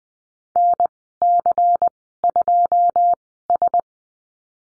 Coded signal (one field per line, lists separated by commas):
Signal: Morse code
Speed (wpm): 20 wpm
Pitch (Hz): 700 Hz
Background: none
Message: NC2S